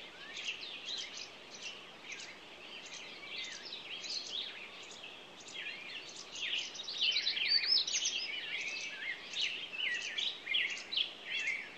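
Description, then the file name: Songbirds in a dense, tangled chorus of fast chirps and twittering, growing louder and busier toward the end, over steady background noise. Morning songbirds. "Echoes Of Nature-Morning Songbirds"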